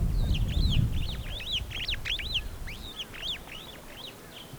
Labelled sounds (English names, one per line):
Superb Starling flight call